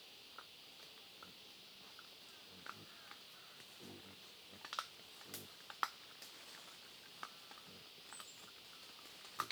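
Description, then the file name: Wild boar feeding with irregular sharp crunching clicks and a few soft, low grunts, under a continuous high insect drone. Family group of wild boar feeding on acorns, Huairou District, 11 August 2022, 07:13. "2022-08-11-0713-Wild-Boar-family-feeding-on-acorns-Huairou-District"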